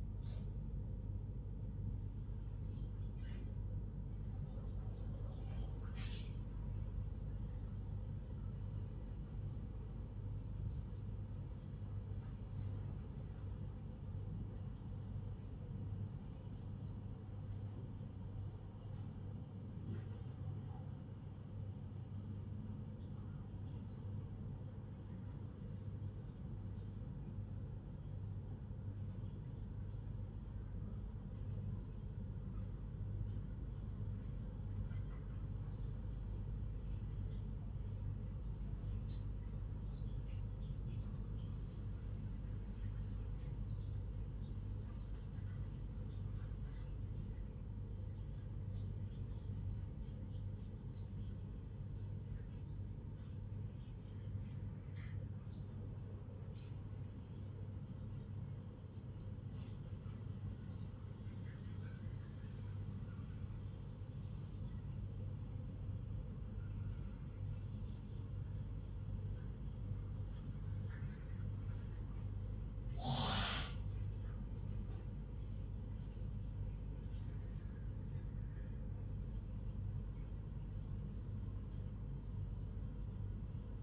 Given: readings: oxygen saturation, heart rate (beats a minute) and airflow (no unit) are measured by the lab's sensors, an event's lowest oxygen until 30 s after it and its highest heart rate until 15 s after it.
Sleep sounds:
a person awake in a sleep study, by a smartphone at the bedside; none
none scored
From the record:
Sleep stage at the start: awake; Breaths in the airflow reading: 33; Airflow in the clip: -0.7 to 0.7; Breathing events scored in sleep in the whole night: 158 in 7.3 hours asleep

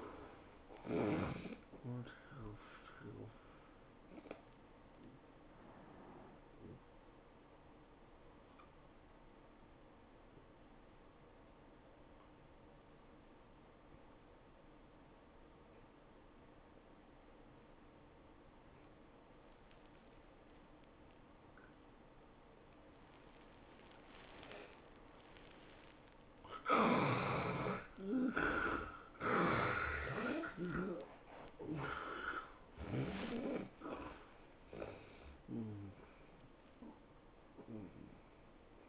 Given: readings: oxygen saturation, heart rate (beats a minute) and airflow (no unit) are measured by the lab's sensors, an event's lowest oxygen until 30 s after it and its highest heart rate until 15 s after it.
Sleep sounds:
breathing in sleep by a voice recorder at the bedside; 1
3.00-28.00 s: hypopnea (N1, oxygen 97% highest, then 71% lowest, heart rate 110 at the start, 114 highest)
From the record:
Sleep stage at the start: N1 (lightest sleep); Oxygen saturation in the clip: 76 to 97%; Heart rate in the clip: 91 to 114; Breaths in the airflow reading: 6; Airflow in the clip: -14.3 to 13.6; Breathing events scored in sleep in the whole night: 403 in 5.5 hours asleep

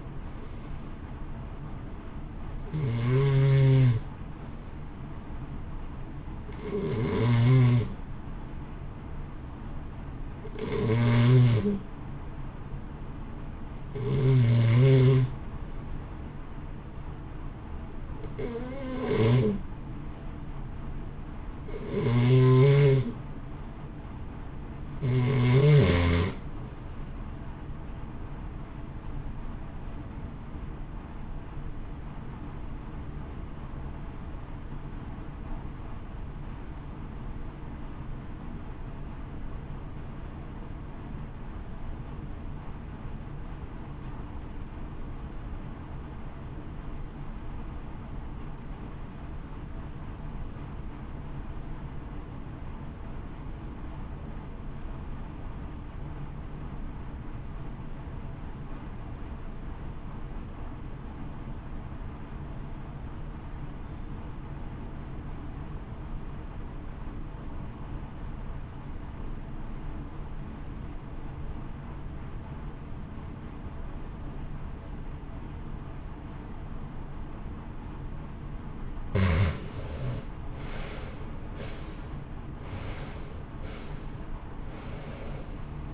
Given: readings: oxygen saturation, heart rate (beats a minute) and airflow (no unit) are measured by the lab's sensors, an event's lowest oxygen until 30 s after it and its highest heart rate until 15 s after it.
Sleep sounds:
breathing in sleep by a smartphone at the bedside; 1
36.00-78.70 s: obstructive apnea (REM, oxygen 91% highest, then 59% lowest, heart rate 56 at the start, 84 highest)
From the record:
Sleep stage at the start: REM sleep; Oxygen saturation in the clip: 63 to 92%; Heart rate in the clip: 56 to 84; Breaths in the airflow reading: 20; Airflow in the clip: -1.7 to 2.1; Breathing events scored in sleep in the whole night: 328 in 6.3 hours asleep

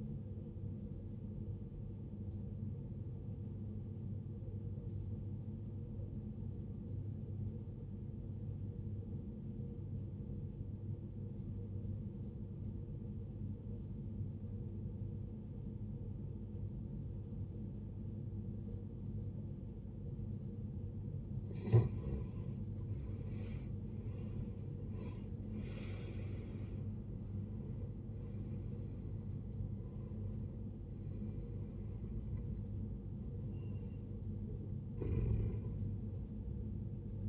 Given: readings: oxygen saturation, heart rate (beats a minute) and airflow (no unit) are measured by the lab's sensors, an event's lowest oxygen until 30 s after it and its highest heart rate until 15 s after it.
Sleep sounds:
breathing in sleep by a smartphone at the bedside; 1
4.00-22.90 s: obstructive apnea (N2, oxygen 94% highest, then 79% lowest, heart rate 63 at the start, 79 highest)
22.00-37.29 s: new sleep stage, N1 (lightest sleep)
From the record:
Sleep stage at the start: N2 (light sleep); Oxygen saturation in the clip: 77 to 94%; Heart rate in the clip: 53 to 79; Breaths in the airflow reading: 5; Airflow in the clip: -18.8 to 17.9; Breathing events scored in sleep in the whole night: 389 in 6.3 hours asleep

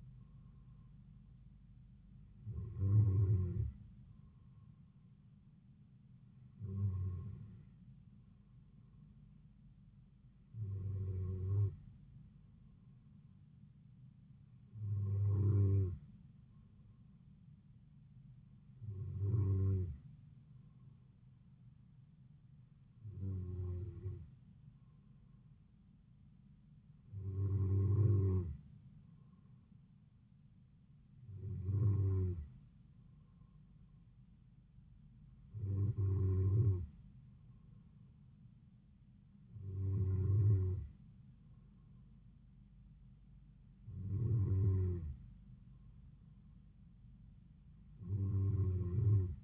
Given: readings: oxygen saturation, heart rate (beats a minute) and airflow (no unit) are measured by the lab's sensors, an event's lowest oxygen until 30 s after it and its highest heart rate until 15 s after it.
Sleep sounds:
breathing in sleep by a smartphone at the bedside; none
none scored
From the record:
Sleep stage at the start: N2 (light sleep); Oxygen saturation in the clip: 93 to 94%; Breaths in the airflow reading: 12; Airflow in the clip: -3.8 to 3.2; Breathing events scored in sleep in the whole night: 270 in 6.1 hours asleep

